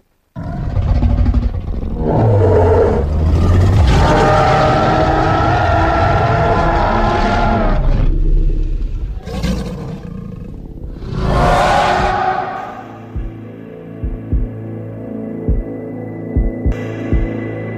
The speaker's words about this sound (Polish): można bezpiecznie założyć, że dinozaury brzmiały podobnie jak dzisiejsze krokodyle. Czyli wydawały z siebie coś, co przypomina warkot wydobywający się z puszki. No to posłuchajmy jeszcze raz.